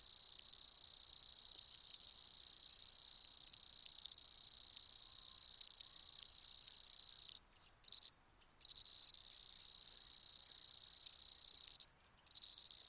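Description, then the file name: Long-tailed cricket giving a sustained high trill that cuts out twice briefly, with a thinner tone bridging the first gap, then resumes. "INS-eurepa-long-tailed cricket"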